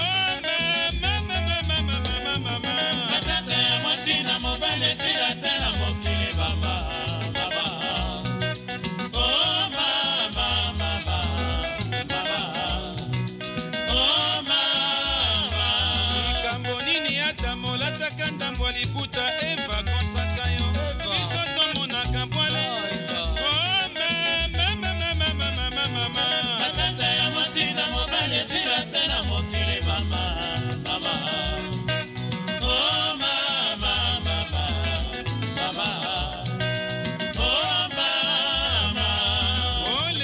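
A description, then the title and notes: Congolese rumba plays at a steady level throughout, with layered guitar-like melodic lines over a deep bass that thumps in regular bursts every couple of seconds. Crisp, bright percussion ticks run continuously on top, keeping an even, danceable pulse. A 56 minute radio show broadcast in Bristol UK.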